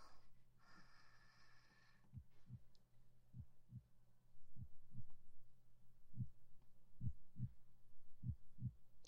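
An adult's heartbeat heard through a stethoscope placed on the chest: normal, regular heart sounds.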